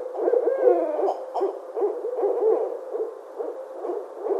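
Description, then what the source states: Barred owl calls in a rapid, uneven jumble of short hoots and cackles, several per second, rising and falling in loudness throughout. Recorded 29 January 2012.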